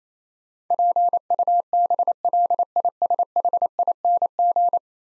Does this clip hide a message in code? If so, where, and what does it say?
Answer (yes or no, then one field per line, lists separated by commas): yes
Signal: Morse code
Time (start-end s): 0.7-4.8 s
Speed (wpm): 28 wpm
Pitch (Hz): 700 Hz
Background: none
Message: PUBLISHING